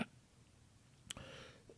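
A single short, abrupt dry cough from an adult man bursts out about a second in, with a brief breathy trail afterward, preceded by a faint click. He has been coughing repeatedly lately, possibly because of dry weather. It is an ordinary isolated cough, fairly quiet and set against low room noise.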